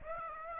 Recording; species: mosquito wingbeat signal from an infrared sensor; Aedes aegypti